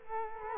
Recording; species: mosquito wingbeat signal from an infrared sensor; Culex quinquefasciatus